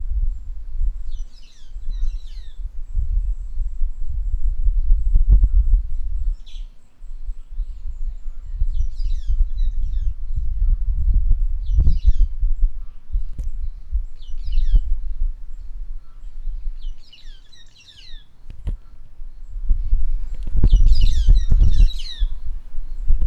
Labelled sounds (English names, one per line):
White-headed Buffalo-Weaver